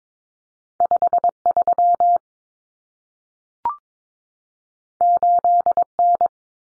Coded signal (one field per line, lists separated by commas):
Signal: Morse code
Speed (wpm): 22 wpm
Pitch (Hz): 700 Hz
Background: none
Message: 53 8N